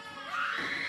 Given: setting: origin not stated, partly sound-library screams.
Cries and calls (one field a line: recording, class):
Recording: one-second piece from a danger detection set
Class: woman in danger